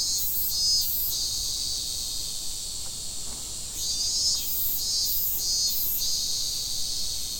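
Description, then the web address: Cicada song, a harsh high buzz pulsing in bursts, with a steadier stretch in the middle before the pulsing returns. Fukushima, 30 July 2015. "fukudai fu cicadda"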